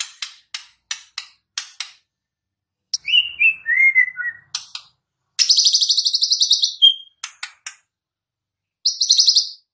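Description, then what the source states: White-rumped shama song: a series of sharp clicks, then falling whistled notes and a long harsh buzzy trill, ending with another buzzy burst. Murai batu song used as a lure for trapping birds (pikat); voice described as strong (mantap).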